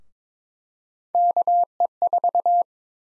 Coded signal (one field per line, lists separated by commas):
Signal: Morse code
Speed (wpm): 22 wpm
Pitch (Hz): 700 Hz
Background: none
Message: KE4